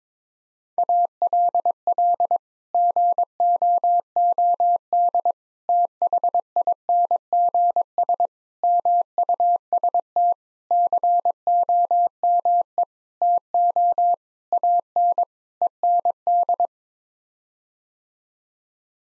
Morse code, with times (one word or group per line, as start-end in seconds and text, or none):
0.8-2.4 ALL
2.7-5.3 GOOD
5.7-8.3 THINGS
8.6-10.3 MUST
10.7-12.8 COME
13.2-14.1 TO
14.5-15.2 AN
15.6-16.7 END